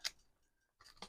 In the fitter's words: Oh, there we go. I heard the clicky click noise.